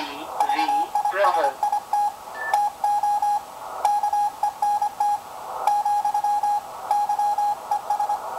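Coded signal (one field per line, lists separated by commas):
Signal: Morse code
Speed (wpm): 23 wpm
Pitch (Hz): 810 Hz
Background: speech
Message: VISIT TO KENT , YES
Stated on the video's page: Received signal compared on an outdoor longwire antenna versus an indoor magnetic loop in an attic.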